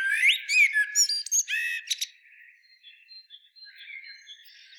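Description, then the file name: Common blackbird with about two seconds of loud, varied squeaky chirps and slurred notes, trailing into faint soft warbling. "Turdus merula"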